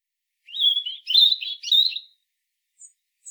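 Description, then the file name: European robin singing one short warbled phrase of wavering sweet notes, followed by silence and two faint high squeaks. "Erithacus rubecula"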